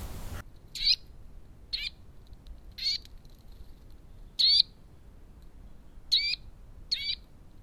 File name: canto verso picchio muratore sitta europaea wood Nuthatch kleiber